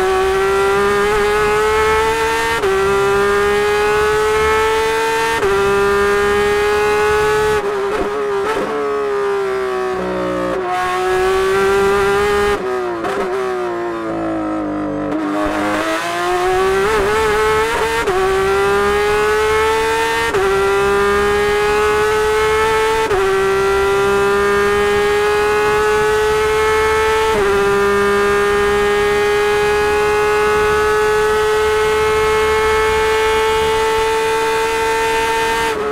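A flat-six engine screams at high revs from inside the car, its pitch climbing steadily and snapping down at each upshift every few seconds. Around the middle it drops low through a slowdown, then winds back up and holds a loud, sustained howl.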